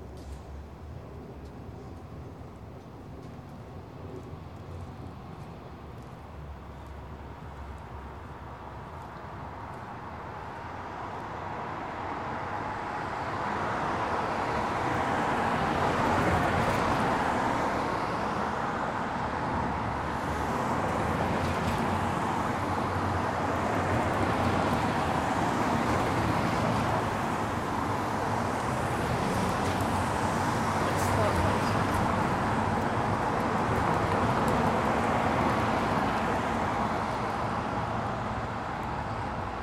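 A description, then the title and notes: Light car traffic passes a storefront in Clinton Hill. The first ten seconds are a softer hiss, then a car swells in around fifteen seconds and the whooshing stays loud through the end, rising and falling like waves over a low rumble. The back and forth movement of water is replicated by light car traffic in front of the Outpost coffee shop in Clinton Hill.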